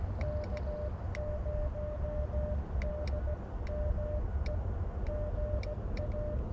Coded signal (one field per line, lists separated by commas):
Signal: Morse code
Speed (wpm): 17 wpm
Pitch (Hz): 590 Hz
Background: none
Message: K0DME GA